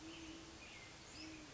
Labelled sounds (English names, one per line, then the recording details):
Great Horned Owl
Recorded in Sonoma County, California